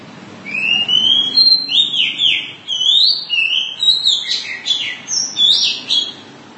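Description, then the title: Oriental magpie-robin song starting with sweet drawn-out whistles, followed by rapid, intricate chattering phrases. Long-duration song. "Kacer"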